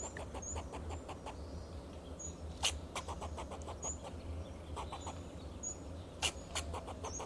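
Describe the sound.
Fox squirrel chattering in rapid strings of dry clucks, a few louder sharp barks standing out, over faint high chirps and constant low rumbling noise.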